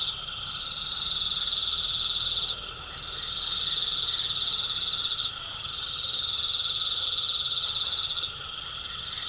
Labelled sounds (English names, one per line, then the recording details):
none
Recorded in pastures near Puerto Asís, Putumayo, Colombia, on 12 March 2025 at 19:30
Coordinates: 0.497, -76.327
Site G072